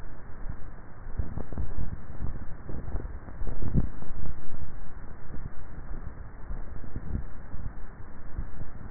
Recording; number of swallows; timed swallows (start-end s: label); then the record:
swallowing sounds by neck microphone; 2
2.45-3.45 s: swallow
6.05-6.52 s: swallow
From the record:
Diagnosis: dysphagia